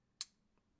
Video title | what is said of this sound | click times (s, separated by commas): How to Change Fitbit Charge 3 Bands | it in and I did hear a click on that one see | 0.2 s